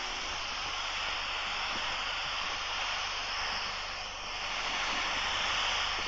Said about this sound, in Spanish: Voy a acercar esta grabadora para que escuchéis lo que Pedro está recibiendo con la suya también y con el ruido blanco.